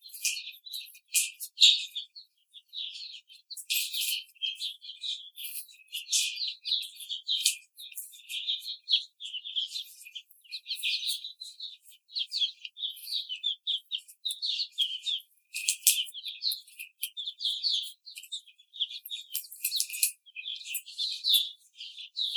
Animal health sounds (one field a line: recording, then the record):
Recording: young laying hens in a cage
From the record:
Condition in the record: treatment cage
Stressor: simulated dog barking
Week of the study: 5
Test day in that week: 1